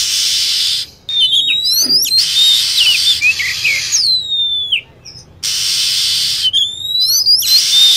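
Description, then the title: Lovebird calls, piercing swept chirps in several groups, overlaid on near-continuous loud hissing noise. Lure recording meant to attract lovebirds. "PIKAT BURUNG LOVEBIRD"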